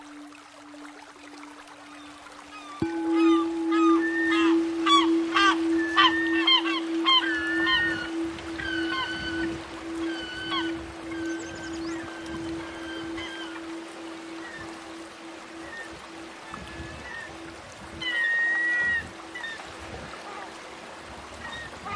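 Seagulls call over a beach, crowding together in a busy burst of sharp cries from about three to thirteen seconds, then thinning out. A steady low hum runs throughout, jumping louder at about three seconds, with a rough rushing wash beneath and one longer gull cry near eighteen seconds.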